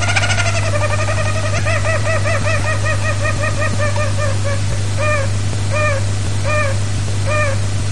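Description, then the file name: Bird song: a series of arched, whistled notes with rich overtones, quick at first and then slowing to widely spaced single notes, over a loud steady low hum. "vogel"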